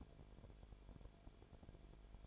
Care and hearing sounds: daily activity, microphone in the room; no activity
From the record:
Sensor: 5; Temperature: 19.9 degrees Celsius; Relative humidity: 35.5%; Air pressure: 1003.4 hPa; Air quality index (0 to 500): 58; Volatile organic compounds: 1 ppm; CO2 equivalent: 639 ppm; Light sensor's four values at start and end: 2/3/1/1 and 2/3/1/1

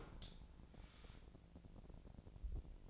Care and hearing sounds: daily activity, microphone in the room; open dishwasher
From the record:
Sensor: 5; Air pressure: 1012.4 hPa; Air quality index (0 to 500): 159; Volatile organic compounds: 2 ppm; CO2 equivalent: 1079 ppm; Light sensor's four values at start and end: 109/262/111/125 and 108/259/110/123

